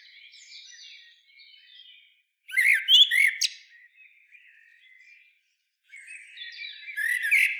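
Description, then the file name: Common blackbird giving soft, quiet warbling, broken by a loud burst of high squeaky twitters and a second loud outburst near the end. "Turdus merula"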